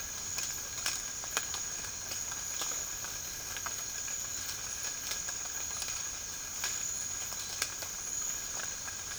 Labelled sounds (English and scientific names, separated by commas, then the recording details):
none
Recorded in dense forest near Puerto Asís, Putumayo, Colombia, on 12 March 2025 at 07:00
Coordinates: 0.485, -76.318
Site G056